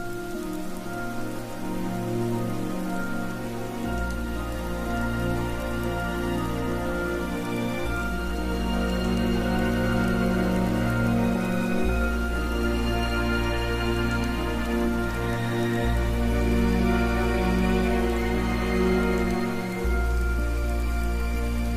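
A rainy night at Hogwarts: steady rain patters throughout with a soft hiss, layered over sustained low tones and held higher notes. The deep bass note shifts every few seconds, near 4, 7.5, 12, 15.5 and 19.5 seconds, while overall loudness stays even.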